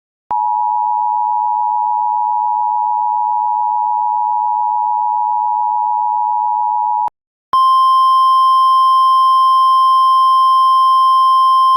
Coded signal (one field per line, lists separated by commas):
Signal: Emergency Alert System (SAME) tones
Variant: 853 and 960 Hz attention tone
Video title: EAS MOCK: Hurricane Warning (first clip)